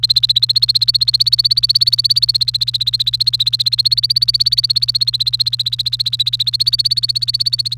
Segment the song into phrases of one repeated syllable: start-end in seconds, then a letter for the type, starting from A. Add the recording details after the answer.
0.00-7.78 A. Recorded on 29 April 2018 at 18:15. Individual llb3